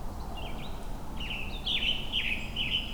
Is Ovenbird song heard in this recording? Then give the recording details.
no. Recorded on 21 June 2016 at 06:44. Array SBT-6-76